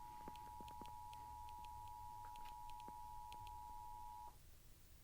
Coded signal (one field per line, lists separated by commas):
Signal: Emergency Alert System (SAME) tones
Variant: 853 and 960 Hz attention tone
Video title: (EAS #52) Required Monthly Test in New Jersey (Sep 17, 2024) (NJPBS Version)